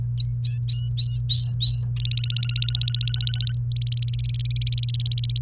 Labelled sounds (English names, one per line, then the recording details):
Domestic Canary song
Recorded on 28 April 2018 at 09:55
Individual llb3